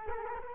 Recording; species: mosquito wingbeat signal from an infrared sensor; Culex quinquefasciatus